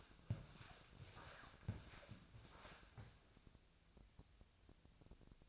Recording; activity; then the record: daily activity, microphone in the room; walk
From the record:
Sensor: 2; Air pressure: 1000.3 hPa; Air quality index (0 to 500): 161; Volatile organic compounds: 3 ppm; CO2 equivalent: 1345 ppm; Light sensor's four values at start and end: 15/38/15/18 and 13/36/14/16